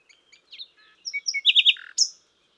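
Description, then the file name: Common nightingale song phrase: varied high whistles, then a rapid run of three rich chirps, a lower buzzy note and a sharp closing note. "Luscinia megarhynchos"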